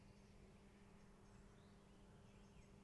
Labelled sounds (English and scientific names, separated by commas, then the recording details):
Common Chiffchaff (Phylloscopus collybita)
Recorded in Germany
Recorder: ecoPi